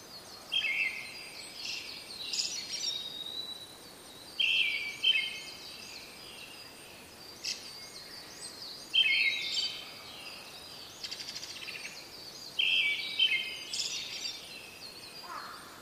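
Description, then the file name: Brown-headed thrush song: loud trilled phrases delivered roughly every four seconds, four in all, with a chorus of thin, high bird notes behind. "akahara"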